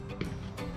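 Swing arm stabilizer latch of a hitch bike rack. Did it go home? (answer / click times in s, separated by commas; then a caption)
no / none. Someone handles the metal swing arm stabilizer latch of a Thule 9027XT APEX XT swing hitch bike rack, unhooked and swinging over, with a brief sharp sound at 0.2 s over steady background tones. Nothing has seated or snapped into place yet; the latch is meant to snap in so the arm won't come backwards.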